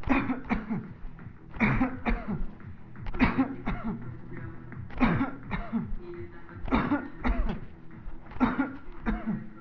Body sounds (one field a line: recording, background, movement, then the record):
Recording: voluntary coughing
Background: music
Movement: walking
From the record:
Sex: male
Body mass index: 20.6 kg/m2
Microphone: on the chest, facing the body